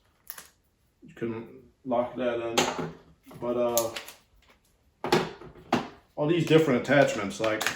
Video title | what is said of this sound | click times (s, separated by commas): Bosch Flexiclick 5-IN-1 12v drill review after 10 months of real world use ! | so it's got the impact and this locks into place | 0.3 s